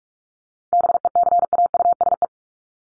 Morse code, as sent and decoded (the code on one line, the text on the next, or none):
-... . -.-. .- ..- ... .
BECAUSE